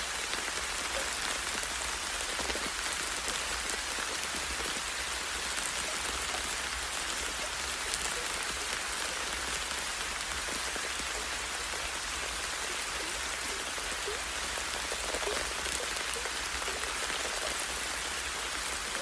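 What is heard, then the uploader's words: Rain splashes steadily down onto leaves and foliage, a dense, constant patter of countless drops with no pauses over the whole stretch. The sound is bright and hissing, with fine individual taps flickering through, and a faint low rumble sits underneath. Leaves and Rain. Rain splashing down on leaves and foliage.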